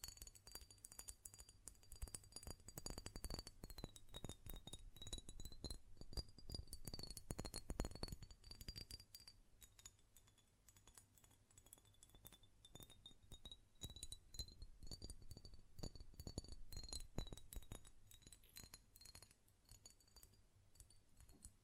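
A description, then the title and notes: Dense, rapid glass clinks and taps from a perfume bottle and lid, busiest in the first eight seconds, then lighter, with a thin high whine throughout. ASMR Glass Perfume Bottle Tapping & Lid Sounds (No Talking).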